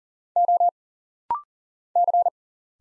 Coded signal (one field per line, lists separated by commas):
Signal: Morse code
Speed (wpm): 40 wpm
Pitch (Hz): 700 Hz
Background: none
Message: O C